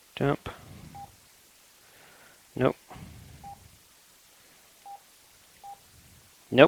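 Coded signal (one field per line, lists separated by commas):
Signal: none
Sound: radio key beeps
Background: speech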